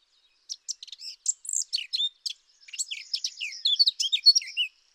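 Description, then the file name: Eurasian blackcap song, a quick scratchy warble of varied high notes in two bursts, the second louder and richer. "Sylvia atricapilla"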